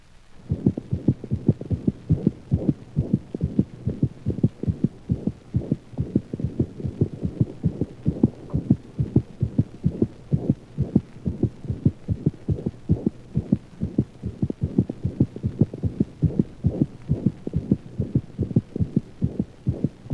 The anemic murmur is loudest at the mitral position and, unlike that of mitral insufficiency, rarely radiates to other portions of the thorax.